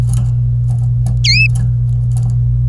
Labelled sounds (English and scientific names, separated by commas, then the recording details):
Domestic Canary (Serinus canaria) song
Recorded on 25 April 2018 at 17:00
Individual llb3